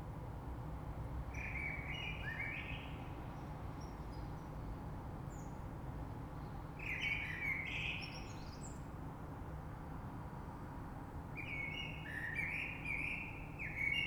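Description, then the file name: Common blackbird singing three fluted, warbling phrases separated by pauses, each ending in a thin high twitter, over a steady low rumble. Recorded 3 March 2020. "Rush Merle"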